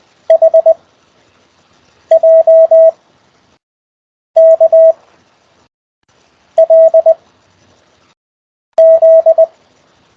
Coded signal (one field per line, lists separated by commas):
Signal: Morse code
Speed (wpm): 20 wpm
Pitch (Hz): 650 Hz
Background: none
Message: H J K L Z